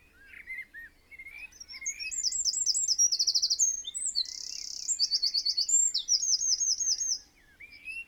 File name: Troglodytes troglodytes